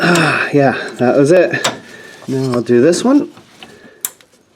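Someone talks while the second fuel hose quick-connector on a 2001 Saturn SC2 is pushed onto the other end of the fuel filter. A sharp click at 4.1 s confirms the connector has seated.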